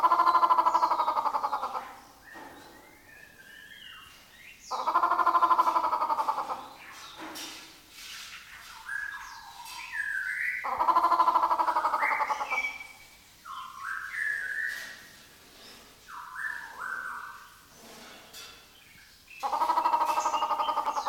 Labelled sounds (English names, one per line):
White-rumped Shama